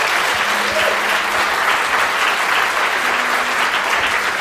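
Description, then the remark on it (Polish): A studio audience in the Agnieszka Osiecka studio of Polish Radio's Program Trzeci (Trójka) applauds steadily for several seconds, a dense wash of many hands clapping at an even loudness throughout, with no voices rising above it. “Witamy wszystkich zgromadzonych tutaj fizycznie z nami w rzeczonym studiu. Brawa dla Państwa.”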